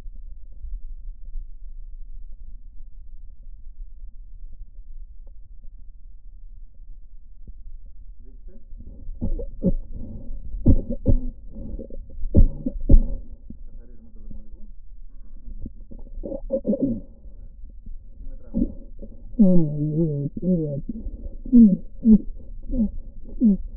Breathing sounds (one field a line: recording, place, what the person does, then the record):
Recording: lung sounds by stethoscope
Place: left posterior apical chest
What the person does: quiet breathing, then cough and speech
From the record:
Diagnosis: interstitial lung disease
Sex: male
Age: 82 years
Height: 158 cm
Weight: 49 kg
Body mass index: 19.6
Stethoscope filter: diaphragm mode